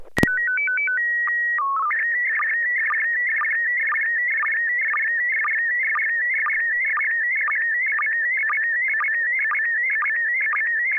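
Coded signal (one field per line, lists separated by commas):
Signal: SSTV (slow-scan television)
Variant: PD 120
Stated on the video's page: SSTV net on an FM repeater on 441.300 MHz in Sacramento, sent with MMSSTV software.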